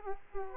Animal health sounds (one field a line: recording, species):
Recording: mosquito wingbeat signal from an infrared sensor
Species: Culex quinquefasciatus